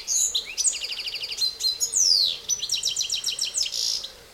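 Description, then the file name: European goldfinch in continuous bright twittering, quick tinkling notes mixed with a drawn-out descending note and trilled runs, over faint background hiss. "Carduelis carduelis"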